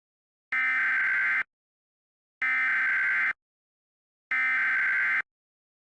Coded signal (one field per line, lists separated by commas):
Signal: Emergency Alert System (SAME) tones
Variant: header bursts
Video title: Emergency Alert System | Desturicen Alert